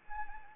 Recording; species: mosquito wingbeat signal from an infrared sensor; Anopheles arabiensis